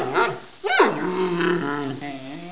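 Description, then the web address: Panda bleating: wavering, harmonic whining notes with a sharp rising-then-falling yelp in the middle, trailing into drawn-out nasal bleats. "allatoskepek allathangokwav panda"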